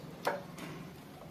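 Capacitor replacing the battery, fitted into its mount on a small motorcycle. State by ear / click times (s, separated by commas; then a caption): seated / 0.3 s. A capacitor fitted in place of the battery on a Honda 70 motorcycle is pushed down into its mount under the side cover, with its wires tucked behind it. A single short tick sounds at 0.3 s as it catches and locks in place, and someone talks.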